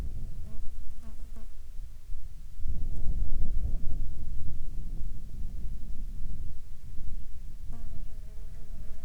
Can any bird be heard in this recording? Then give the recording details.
no. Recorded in the Arctic National Wildlife Refuge, Alaska, on 30 July 2019 at 11:54. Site 48